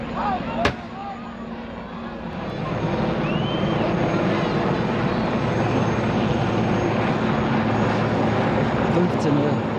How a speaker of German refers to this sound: Der Hubschrauber über uns wirft Gasgranaten ab.